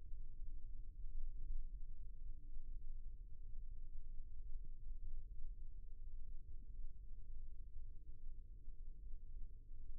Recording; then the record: forearm muscle sounds (acoustic myography)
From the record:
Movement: rest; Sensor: system 1, eight BSWA MPA416 microphones around the upper forearm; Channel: 5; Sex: male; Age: 23 years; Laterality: right